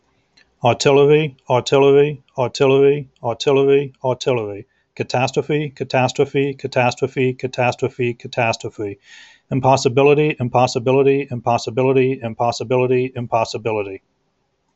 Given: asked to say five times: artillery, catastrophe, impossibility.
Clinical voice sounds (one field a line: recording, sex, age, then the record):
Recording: three words, each repeated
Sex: male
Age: 30 to 39 years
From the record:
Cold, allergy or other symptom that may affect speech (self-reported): no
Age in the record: 38 years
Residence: New Hampshire, United States